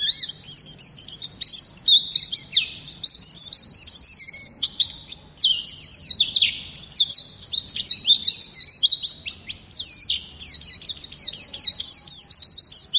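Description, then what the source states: White-eye song, a long unbroken torrent of high, rapid twittering and chirping notes with quick downward sweeps, barely pausing. Long song, used for song-training of birds (masteran).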